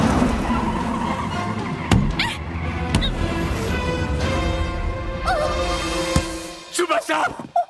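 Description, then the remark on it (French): A truck's tires screech in a long, high skid over a rumbling engine, broken by a few sharp thuds as the truck strikes a child head-on, before the noise cuts off and a brief clatter follows. “Que ce soit lorsqu'il s'est fait heurter de plein fouet par le camion ou lorsqu'il a atterri sur le gazon, à chaque fois, son ballon l'a protégé en amortissant le choc.”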